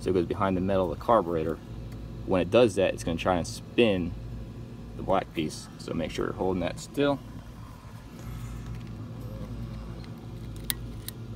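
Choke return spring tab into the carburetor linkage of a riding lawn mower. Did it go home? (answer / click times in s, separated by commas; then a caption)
yes / 10.7 s. Someone talks while the metal spring tab of a riding lawn mower's choke return spring is pushed down behind the middle of the carburetor, with the black plastic piece held still so it doesn't spin. After a stretch of low background hum and faint fiddling sounds, a single sharp metallic click at 10.7 s marks the tab popping into place in the carburetor linkage, seated.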